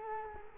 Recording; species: mosquito wingbeat signal from an infrared sensor; Culex quinquefasciatus